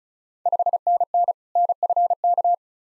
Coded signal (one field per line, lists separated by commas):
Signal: Morse code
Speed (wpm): 36 wpm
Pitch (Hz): 700 Hz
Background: none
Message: 5NN NFK